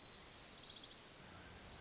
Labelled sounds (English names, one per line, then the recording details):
Orange-crowned Warbler
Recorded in Sonoma County, California